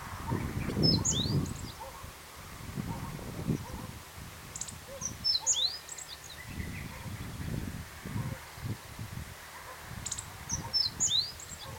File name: meadow bunting